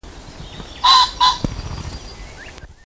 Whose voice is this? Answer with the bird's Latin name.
Phasianus colchicus